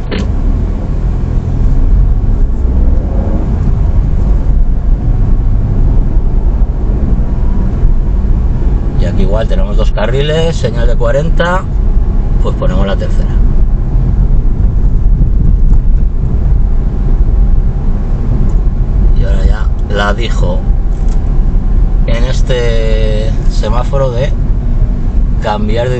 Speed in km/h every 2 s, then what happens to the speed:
7, 24, 28, 33, 34, 34, 33, 35, 35, 33, 30, 28, 22.
0-8 speeds up to 34. 8-16 steady at about 34. 16-26 slows to 22.